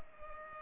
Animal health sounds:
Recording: mosquito wingbeat signal from an infrared sensor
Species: Culex pipiens

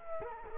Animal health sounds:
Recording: mosquito wingbeat signal from an infrared sensor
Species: Culex quinquefasciatus

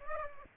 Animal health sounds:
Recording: mosquito wingbeat signal from an infrared sensor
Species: Aedes aegypti

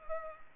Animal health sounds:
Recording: mosquito wingbeat signal from an infrared sensor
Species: Culex pipiens

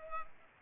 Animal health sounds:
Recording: mosquito wingbeat signal from an infrared sensor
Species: Culex pipiens

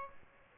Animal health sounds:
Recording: mosquito wingbeat signal from an infrared sensor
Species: Aedes albopictus

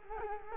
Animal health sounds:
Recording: mosquito wingbeat signal from an infrared sensor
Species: Culex quinquefasciatus

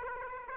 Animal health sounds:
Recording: mosquito wingbeat signal from an infrared sensor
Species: Aedes aegypti

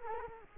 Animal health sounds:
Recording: mosquito wingbeat signal from an infrared sensor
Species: Culex quinquefasciatus

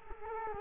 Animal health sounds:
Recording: mosquito wingbeat signal from an infrared sensor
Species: Culex quinquefasciatus

